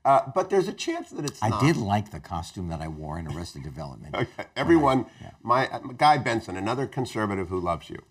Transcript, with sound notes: But there’s a chance that it’s not.
I did like the costume that I wore on Arrested Development.
(LAUGH) Okay. Everyone– my– Guy Benson, another conservative who loves you.
Right.